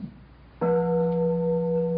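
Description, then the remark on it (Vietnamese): A single Buddhist temple bell is struck once, a sharp onset followed by a steady, sustained ring of several clear harmonic tones that hum on without fading, loud and alone. “Tất cả chúng ta đều nghe tiếng chuông hết phải không?”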